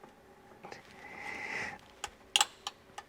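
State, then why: Seated. Someone pushes a clip-in part of the battery enclosure or charge-port assembly into place during the final battery install in a Land Rover EV conversion. A rising scrape-like rustle runs until about 1.8 s, then several small knocks are followed by one sharp, loud click at 2.4 s. The part clicks in and is seated.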